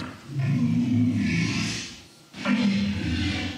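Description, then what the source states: Walrus giving deep, groaning bellows in two bouts, with low, slightly wavering tones. Low-frequency walrus sound.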